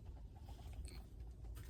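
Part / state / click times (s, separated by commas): plastic back cover onto rear-view mirror housing / not seated / none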